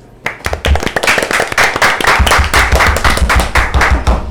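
A crowd applauds, many hands clapping in a dense, steady patter that starts abruptly and stays loud for several seconds without any voices.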